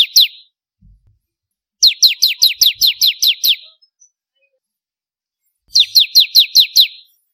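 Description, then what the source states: Bar-winged prinia giving short series of sharp, high, downslurred notes in rapid rhythm, broken by silent pauses. Kristal (crystal) type of ciblek, the bar-winged prinia.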